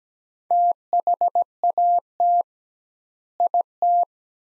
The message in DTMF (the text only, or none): none